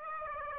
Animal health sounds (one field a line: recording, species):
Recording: mosquito wingbeat signal from an infrared sensor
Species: Aedes aegypti